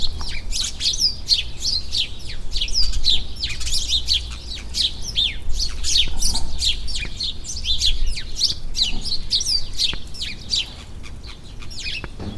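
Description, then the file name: House sparrow chirping calls, a dense, continuous chatter of short sharp chirps overlapping throughout, with a low steady rumble underneath. "Passer domesticus"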